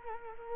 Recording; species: mosquito wingbeat signal from an infrared sensor; Culex quinquefasciatus